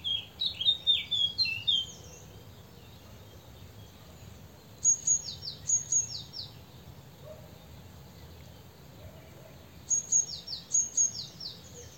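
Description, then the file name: Great tit calls: an opening burst of lower, varied notes, then groups of high, thin whistled notes followed by short descending slurs about every five seconds, over soft background hiss. "Parus major"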